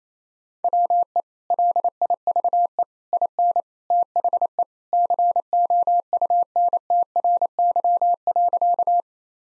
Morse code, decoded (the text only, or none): WE LIVE IN THE COUNTRY.